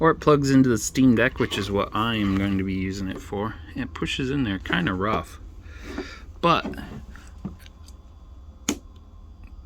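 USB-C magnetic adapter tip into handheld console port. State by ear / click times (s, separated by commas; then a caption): seated / 8.7 s. Someone talks while an AreMe USB-C magnetic adapter tip is pushed firmly, a bit roughly, into the USB-C port of a Steam Deck handheld gaming console. A few faint taps come from about 7.2 to 7.9 seconds, then a single sharp, short click at 8.7 seconds as the tip seats in the port.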